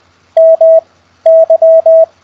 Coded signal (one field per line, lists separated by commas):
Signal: Morse code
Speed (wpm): 20 wpm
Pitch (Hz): 650 Hz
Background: none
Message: MY